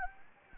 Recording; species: mosquito wingbeat signal from an infrared sensor; Anopheles gambiae